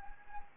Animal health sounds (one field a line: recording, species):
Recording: mosquito wingbeat signal from an infrared sensor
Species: Anopheles arabiensis